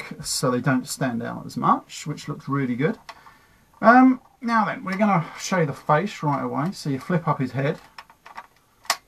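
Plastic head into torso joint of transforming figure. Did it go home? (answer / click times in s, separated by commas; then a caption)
yes / 8.9 s. Someone talks while handling a Transformers Armada Unicron transforming figure, then flips its plastic head up at the head-to-torso joint. A few faint ticks lead to a sharp click at 8.9 s as the head seats in its raised position.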